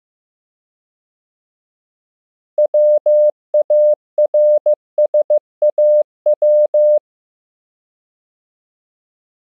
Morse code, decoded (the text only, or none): WARSAW